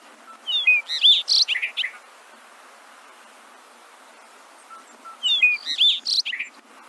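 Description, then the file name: Bobolink song: two bursts of bubbly, tinkling, metallic high notes, each lasting about one and a half seconds and separated by a long quiet gap. "Canto do triste pia"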